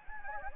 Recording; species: mosquito wingbeat signal from an infrared sensor; Anopheles gambiae